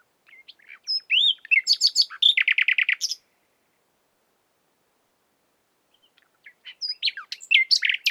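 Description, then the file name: Common nightingale singing varied phrases of sweeping whistles and a rapid rattling series of notes, then silence before another complex burst of chirps. "Luscinia megarhynchos"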